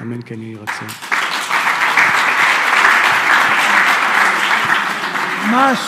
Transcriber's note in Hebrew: מחיאות כפיים